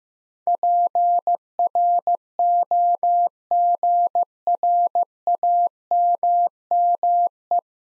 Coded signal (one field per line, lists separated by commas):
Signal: Morse code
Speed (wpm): 15 wpm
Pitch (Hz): 700 Hz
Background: none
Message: PROGRAMME